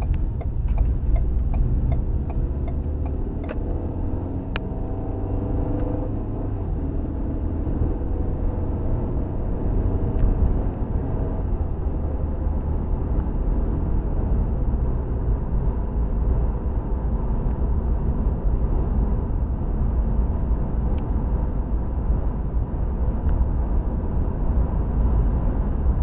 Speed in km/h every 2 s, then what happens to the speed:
23, 32, 39, 45, 53, 60, 66, 68, 68, 68, 68, 69, 71.
0-12 speeds up to 66. 12-26 steady at about 68.